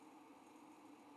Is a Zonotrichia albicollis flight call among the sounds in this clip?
no